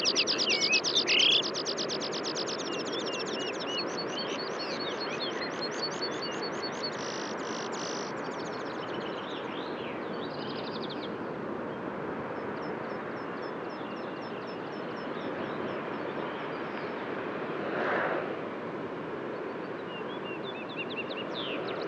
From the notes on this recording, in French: lever du jour à l'écoute des oiseaux au col du Granon (2400 m altitude) dans les Hautes Alpes au-dessus de Briançon